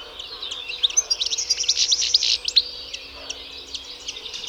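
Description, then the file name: European goldfinch twitter: a brief cluster of sharp, high chirps and a buzzy trill, then scattered softer notes fading out; faint hum in the background. "Carduelis carduelis"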